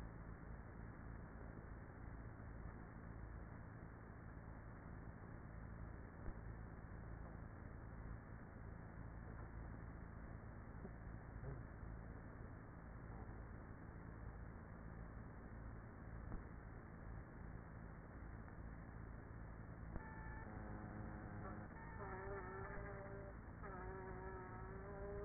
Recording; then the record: honeybee colony, microphone inside the hive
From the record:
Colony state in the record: queenless with a low population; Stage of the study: after two queens were removed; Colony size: about 30,000 bees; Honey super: no